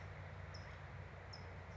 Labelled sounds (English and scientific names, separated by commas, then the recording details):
California Towhee (Melozone crissalis)
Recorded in Sonoma County, California